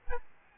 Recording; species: mosquito wingbeat signal from an infrared sensor; Aedes albopictus